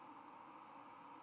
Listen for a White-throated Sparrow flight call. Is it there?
no